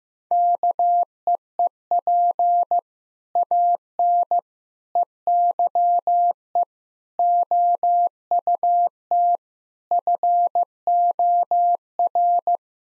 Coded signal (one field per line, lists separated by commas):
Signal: Morse code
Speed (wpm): 15 wpm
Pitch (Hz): 700 Hz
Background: none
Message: KEEP AN EYE OUT FOR